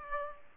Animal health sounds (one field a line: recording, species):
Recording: mosquito wingbeat signal from an infrared sensor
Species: Aedes aegypti